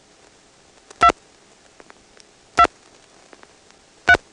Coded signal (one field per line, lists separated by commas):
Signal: DTMF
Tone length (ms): 70 ms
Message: 2 2 3